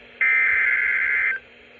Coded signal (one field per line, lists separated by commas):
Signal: Emergency Alert System (SAME) tones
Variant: header bursts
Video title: 7/27/21 Severe Thunderstorm Warning (EAS #93)